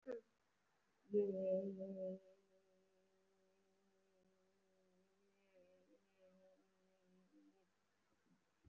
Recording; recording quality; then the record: sustained vowel as in made; excellent, no background noise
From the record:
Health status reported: recovered from COVID-19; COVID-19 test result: positive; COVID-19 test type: RT-PCR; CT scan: taken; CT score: 3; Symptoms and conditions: cough, cold, breathing difficulty, chronic lung disease, pneumonia, hypertension, diabetes, another condition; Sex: female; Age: 63 years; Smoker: no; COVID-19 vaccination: none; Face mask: worn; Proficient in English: yes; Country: India